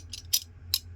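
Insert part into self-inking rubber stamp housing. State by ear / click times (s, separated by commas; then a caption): seated / 0.7 s. A component is inserted from the back side into a plastic self-inking rubber stamp body along a molded groove and pressed until it locks. Several short, bright clicks occur, with a sharp snap at 0.7 s as the part seats, over a low steady hum. The part is confirmed locked in place.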